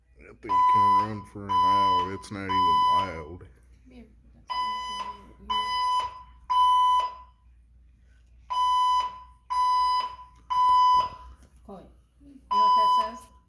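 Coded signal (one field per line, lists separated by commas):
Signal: alarm pattern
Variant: 1000 Hz Code 3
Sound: repeating sets of three loud 1 kHz beeps, each set followed by a pause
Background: people talking indoors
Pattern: temporal three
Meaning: Temporal-3 fire alarm evacuation signal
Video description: the fire alarms in the whole building started going off with this 1000hz code 3 tone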